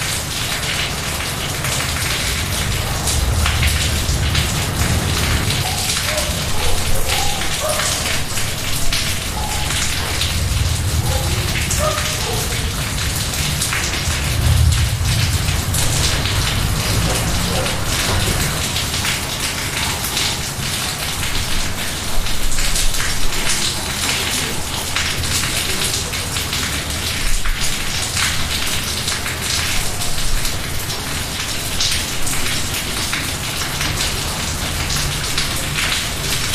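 A Latin American rain shower hisses steadily and densely throughout, with a low rumble underneath and brief scattered drips standing out between six and twelve seconds.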